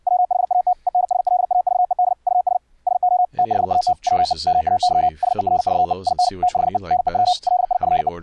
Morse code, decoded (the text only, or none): WHAT ENSLAVED US SO THAT WE MAY SERVE IN THE NEW LIFE